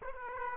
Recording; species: mosquito wingbeat signal from an infrared sensor; Aedes aegypti